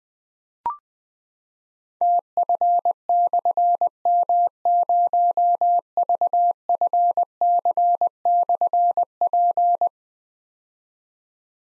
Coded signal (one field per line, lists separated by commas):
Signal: Morse code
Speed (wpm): 20 wpm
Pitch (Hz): 700 Hz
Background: none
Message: TF/M0VFC/P